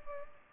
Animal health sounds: mosquito wingbeat signal from an infrared sensor; Culex pipiens

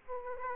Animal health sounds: mosquito wingbeat signal from an infrared sensor; Aedes aegypti

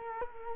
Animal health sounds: mosquito wingbeat signal from an infrared sensor; Culex quinquefasciatus

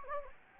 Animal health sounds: mosquito wingbeat signal from an infrared sensor; Anopheles gambiae

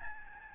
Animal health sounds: mosquito wingbeat signal from an infrared sensor; Aedes albopictus

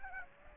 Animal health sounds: mosquito wingbeat signal from an infrared sensor; Aedes aegypti

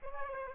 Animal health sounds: mosquito wingbeat signal from an infrared sensor; Aedes aegypti

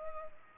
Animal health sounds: mosquito wingbeat signal from an infrared sensor; Culex pipiens

